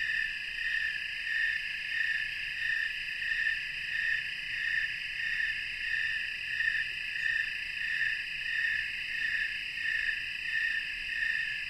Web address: Natures Songs N America Songs of Insects -Snowy Tree Cricket chorus